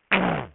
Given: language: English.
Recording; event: throat vibration sensor signal played as sound; throat clearing